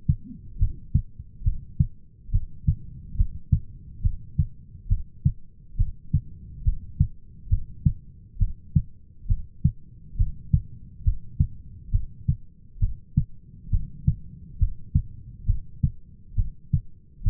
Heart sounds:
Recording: heart sounds by stethoscope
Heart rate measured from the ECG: 68 bpm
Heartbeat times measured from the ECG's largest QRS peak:
0.60 s: heartbeat
1.45 s: heartbeat
2.33 s: heartbeat
3.17 s: heartbeat
4.04 s: heartbeat
4.90 s: heartbeat
5.78 s: heartbeat
6.65 s: heartbeat
7.51 s: heartbeat
8.40 s: heartbeat
9.29 s: heartbeat
10.18 s: heartbeat
11.05 s: heartbeat
11.93 s: heartbeat
12.81 s: heartbeat
13.72 s: heartbeat
14.60 s: heartbeat
15.47 s: heartbeat
16.37 s: heartbeat
17.25 s: heartbeat
From the record:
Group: heart failure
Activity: rest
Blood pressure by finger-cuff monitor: 122/84 mmHg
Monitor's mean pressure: 97 mmHg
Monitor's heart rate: 69 bpm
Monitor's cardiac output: 6.4 L/min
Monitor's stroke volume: 94 mL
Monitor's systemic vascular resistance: 1120 dyn s/cm5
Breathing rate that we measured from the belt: 16 breaths a minute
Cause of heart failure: idiopathic cardiomyopathy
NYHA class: 1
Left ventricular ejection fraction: 50%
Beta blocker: bisoprolol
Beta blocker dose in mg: 5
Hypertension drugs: candesartan, spironolactone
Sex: male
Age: 54 years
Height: 180 cm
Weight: 94.6 kg

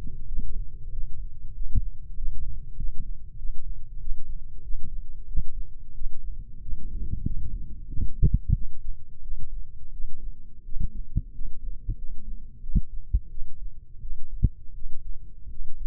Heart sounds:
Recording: heart sounds by microphone in the left ear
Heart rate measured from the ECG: 91 bpm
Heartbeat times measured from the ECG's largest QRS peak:
0.26 s: heartbeat
0.90 s: heartbeat
1.53 s: heartbeat
2.15 s: heartbeat
2.76 s: heartbeat
3.36 s: heartbeat
3.99 s: heartbeat
4.62 s: heartbeat
5.26 s: heartbeat
5.93 s: heartbeat
6.60 s: heartbeat
7.23 s: heartbeat
7.87 s: heartbeat
8.53 s: heartbeat
9.20 s: heartbeat
9.91 s: heartbeat
10.63 s: heartbeat
11.32 s: heartbeat
11.96 s: heartbeat
12.61 s: heartbeat
13.29 s: heartbeat
14.00 s: heartbeat
14.73 s: heartbeat
15.48 s: heartbeat
From the record:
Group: healthy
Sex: female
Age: 19 years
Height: 163 cm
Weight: 51 kg

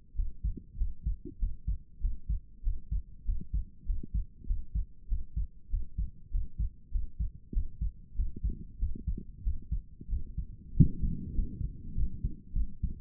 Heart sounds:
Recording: heart sounds by stethoscope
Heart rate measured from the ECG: 97 bpm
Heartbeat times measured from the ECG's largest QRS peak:
0.14 s: heartbeat
0.76 s: heartbeat
1.38 s: heartbeat
2.00 s: heartbeat
2.62 s: heartbeat
3.24 s: heartbeat
3.85 s: heartbeat
4.46 s: heartbeat
5.07 s: heartbeat
5.69 s: heartbeat
6.30 s: heartbeat
6.91 s: heartbeat
7.52 s: heartbeat
8.15 s: heartbeat
8.78 s: heartbeat
9.42 s: heartbeat
10.08 s: heartbeat
10.73 s: heartbeat
11.34 s: heartbeat
11.94 s: heartbeat
12.52 s: heartbeat
From the record:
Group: healthy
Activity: Valsalva maneuver 0-10 s, rest 10-13 s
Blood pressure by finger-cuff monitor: 130/83 mmHg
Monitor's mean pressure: 97 mmHg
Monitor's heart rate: 97 bpm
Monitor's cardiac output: 6.8 L/min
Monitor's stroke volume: 70 mL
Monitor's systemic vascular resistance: 1040 dyn s/cm5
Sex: female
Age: 22 years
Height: 154 cm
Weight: 58.7 kg

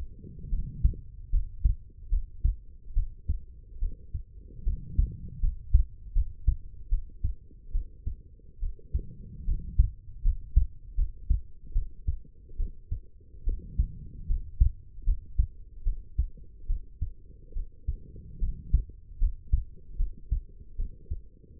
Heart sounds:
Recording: heart sounds by stethoscope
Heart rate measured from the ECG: 74 bpm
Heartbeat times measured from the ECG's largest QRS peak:
0.50 s: heartbeat
1.31 s: heartbeat
2.10 s: heartbeat
2.94 s: heartbeat
3.79 s: heartbeat
4.64 s: heartbeat
5.41 s: heartbeat
6.14 s: heartbeat
6.89 s: heartbeat
7.72 s: heartbeat
8.60 s: heartbeat
9.45 s: heartbeat
10.23 s: heartbeat
10.96 s: heartbeat
11.73 s: heartbeat
12.57 s: heartbeat
13.44 s: heartbeat
14.27 s: heartbeat
15.05 s: heartbeat
15.84 s: heartbeat
16.67 s: heartbeat
17.53 s: heartbeat
18.40 s: heartbeat
19.19 s: heartbeat
19.97 s: heartbeat
20.76 s: heartbeat
21.58 s: heartbeat
From the record:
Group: healthy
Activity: rest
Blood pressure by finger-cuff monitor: 97/67 mmHg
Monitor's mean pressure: 76 mmHg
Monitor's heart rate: 73 bpm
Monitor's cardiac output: 5.5 L/min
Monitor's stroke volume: 75 mL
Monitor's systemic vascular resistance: 960 dyn s/cm5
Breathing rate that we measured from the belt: 14 breaths a minute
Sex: female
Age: 23 years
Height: 160 cm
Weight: 50.4 kg

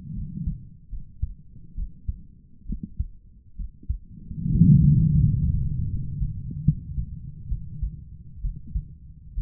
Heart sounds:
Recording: heart sounds by stethoscope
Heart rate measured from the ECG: 72 bpm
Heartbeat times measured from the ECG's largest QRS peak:
0.15 s: heartbeat
0.91 s: heartbeat
1.76 s: heartbeat
2.67 s: heartbeat
3.57 s: heartbeat
4.48 s: heartbeat
5.22 s: heartbeat
5.89 s: heartbeat
6.65 s: heartbeat
7.49 s: heartbeat
8.42 s: heartbeat
9.35 s: heartbeat
From the record:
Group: healthy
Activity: rest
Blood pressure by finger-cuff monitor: 125/62 mmHg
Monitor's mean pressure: 78 mmHg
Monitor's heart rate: 73 bpm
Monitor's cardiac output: 7.3 L/min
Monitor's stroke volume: 100 mL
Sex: female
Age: 22 years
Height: 160 cm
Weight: 63 kg

